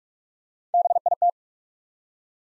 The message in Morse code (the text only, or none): BIT